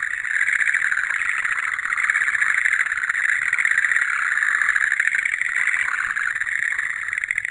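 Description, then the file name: Frog giving a steady, continuous buzzing trill throughout. "kaeru"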